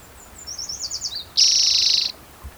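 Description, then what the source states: Spotted Towhee song: a few faint, quick introductory notes followed by a single harsh, buzzy trill. Recorded 16 June 2010 by Cicero, Museum of Vertebrate Zoology.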